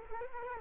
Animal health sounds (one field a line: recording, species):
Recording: mosquito wingbeat signal from an infrared sensor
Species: Culex quinquefasciatus